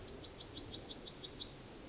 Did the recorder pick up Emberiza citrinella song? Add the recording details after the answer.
yes. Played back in forest. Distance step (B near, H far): D. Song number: 153